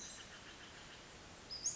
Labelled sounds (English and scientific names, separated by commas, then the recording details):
Western Flycatcher (Empidonax difficilis)
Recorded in Sonoma County, California